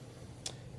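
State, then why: Not seated. A motorcycle top case lid is pressed down over a helmet, but the document holder screwed to the lid takes up just enough room that it will not latch. A short, sharp tick at 0.5 s is the lid pressing down over a low, steady hum. Nothing has seated or latched.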